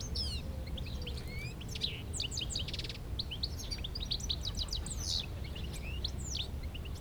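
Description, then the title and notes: European goldfinch song: quick liquid twittering notes with a few buzzy trills, tumbling in a continuous jumble over a steady low rumble of background noise. Chattering in a shrub by the road near Le Tillet, Aix-les-Bains, France. "161 Av. du Petit Port, 73100 Aix-les-Bains, France - Chardonneret. Un chardonneret bavarde dans un arbuste non loin du Tillet près d la route"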